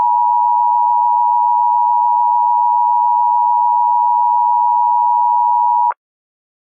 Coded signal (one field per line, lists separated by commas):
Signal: Emergency Alert System (SAME) tones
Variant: 853 and 960 Hz attention tone